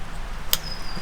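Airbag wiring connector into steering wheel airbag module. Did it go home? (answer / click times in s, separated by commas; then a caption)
yes / 0.5 s. On a BMW E46 M3, a plastic airbag wiring connector, keyed to fit one way and color-matched green to green and black to black, is lined up and pushed into the new airbag module in the steering wheel. A single sharp, bright click at 0.5 s rises well above the low background, followed by a faint, thin high tone. The connector is seated and clicked in.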